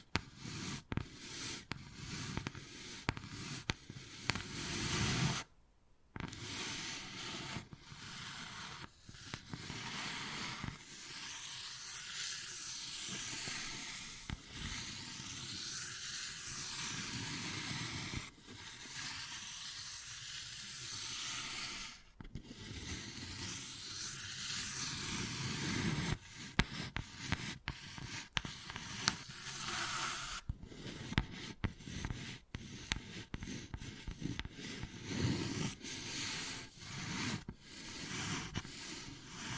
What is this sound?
Wood Carving, Tapping and Scratching Sounds